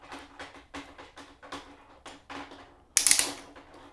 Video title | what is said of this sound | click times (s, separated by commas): Best way to Crimp PV MC4 Interconnection Cables | it clicks and as you can see it's done just like that | 3.0 s